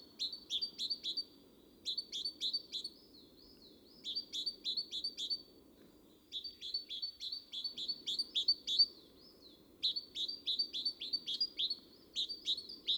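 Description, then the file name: Great tit song: bright high notes repeated in quick phrases of several, phrases separated by short pauses, over a steady low background hum. "Parus major"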